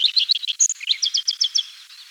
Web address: Common Redstart Song